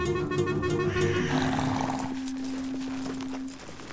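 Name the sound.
horse hooves clip-clopping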